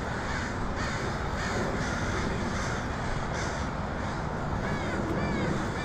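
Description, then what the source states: A flock of crows gives raspy caws, some rising and falling, overlapping constantly against a loud steady background hiss. Crows recorded in Portland on 2018-10-23.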